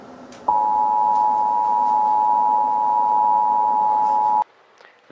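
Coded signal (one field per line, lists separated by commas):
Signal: Emergency Alert System (SAME) tones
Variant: 853 and 960 Hz attention tone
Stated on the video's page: Fictional mock alert, a fantasy storm warning.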